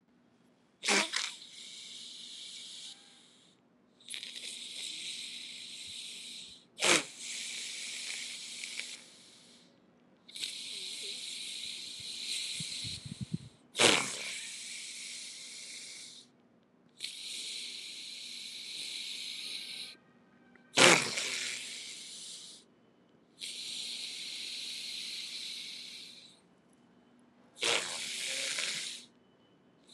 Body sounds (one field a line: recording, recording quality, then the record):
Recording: deep breathing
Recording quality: excellent, no background noise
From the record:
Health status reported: exposed to COVID-19, no respiratory illness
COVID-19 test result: negative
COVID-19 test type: RT-PCR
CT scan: taken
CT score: 12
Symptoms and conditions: cold, hypertension, diabetes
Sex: male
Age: 76 years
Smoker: no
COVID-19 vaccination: both doses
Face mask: worn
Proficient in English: yes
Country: India